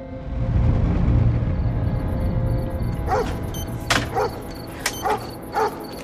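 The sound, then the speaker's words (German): A dog whimpers in a few short, high, whining bursts that follow a stretch of low rumbling noise. “Und neben ihr der winselnde Flem.”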